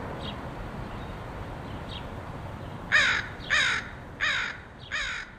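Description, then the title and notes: Crow cawing: faint caws early, then four loud harsh caws in quick succession over the last two and a half seconds, with steady low background hum. Crows recorded in Portland, Oregon, in August 2003. "Crows recorded by Dan Bodah in Portland, OR"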